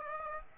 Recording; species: mosquito wingbeat signal from an infrared sensor; Aedes aegypti